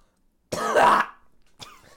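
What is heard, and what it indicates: A single harsh half-second cough or throat clear from an adult, followed by faint speech.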